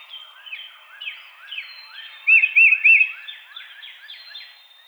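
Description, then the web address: Tufted titmouse, a single short phrase of three arched whistles, set within a dense background of descending, slurred calls. Recorded 22 March 2007. "Tufted Titmouse 2007 03 22"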